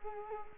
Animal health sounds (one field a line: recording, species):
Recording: mosquito wingbeat signal from an infrared sensor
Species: Culex quinquefasciatus